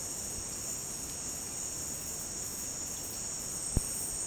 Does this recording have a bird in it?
no